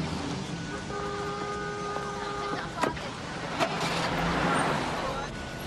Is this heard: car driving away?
yes